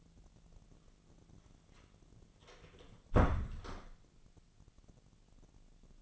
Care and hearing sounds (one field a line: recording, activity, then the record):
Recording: daily activity, microphone in the room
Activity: close door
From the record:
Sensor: 4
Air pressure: 1001.3 hPa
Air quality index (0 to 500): 184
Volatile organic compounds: 2 ppm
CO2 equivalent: 1312 ppm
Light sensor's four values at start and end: 15/34/14/14 and 17/39/16/16